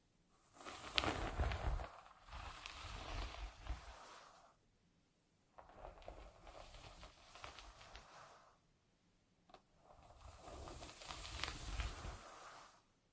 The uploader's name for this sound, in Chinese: 温温柔柔梳头发